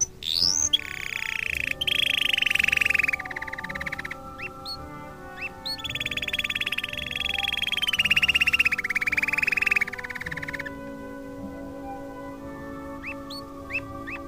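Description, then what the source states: Canary song: long rolling trills that start high and slide slightly downward, separated by sharp rising chirps, over steady background music. Canary song mixed with music.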